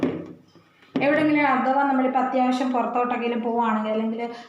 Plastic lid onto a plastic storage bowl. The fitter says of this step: ദേ ഇതുപോലെ ഇങ്ങനെ അടച്ചു വെക്കാം ഇത് ഇങ്ങനെ ലോക്ക് ആക്കാം കേട്ടോ